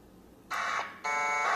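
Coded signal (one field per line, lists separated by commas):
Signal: packet radio (AX.25, as in APRS)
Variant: 1200 baud AFSK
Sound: two short raspy warbling data bursts after a moment of silence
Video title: APRSdroid AFSK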